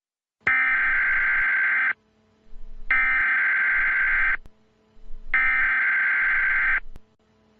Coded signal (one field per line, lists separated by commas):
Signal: Emergency Alert System (SAME) tones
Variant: header bursts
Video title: David tries to kill the eas/grounded